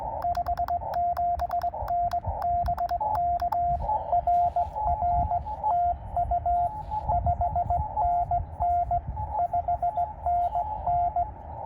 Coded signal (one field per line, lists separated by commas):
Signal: Morse code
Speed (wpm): 18 wpm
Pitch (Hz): 690 Hz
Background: radio noise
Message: 57N BK RR TU 5NN 5NN